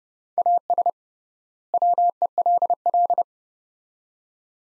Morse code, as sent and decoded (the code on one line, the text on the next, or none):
.- ... / .-- . .-.. .-..
AS WELL